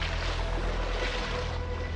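Soft, steady, barely audible splashing and lapping of water against a pier by a hotel with rooms cut into the rocks, at dusk, a continuous hushed wash with a low droning hum underneath and no voices, music or laughter.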